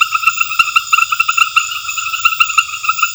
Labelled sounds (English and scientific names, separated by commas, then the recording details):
none
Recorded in secondary vegetation near Puerto Asís, Putumayo, Colombia, on 28 February 2025 at 22:00
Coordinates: 0.498, -76.327
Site G001